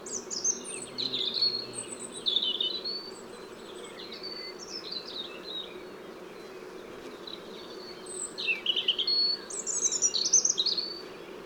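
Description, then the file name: European robin song, two separate bursts of high, varied tinkling notes with a quiet pause between, over a soft continuous hiss. "Erithacus rubecula"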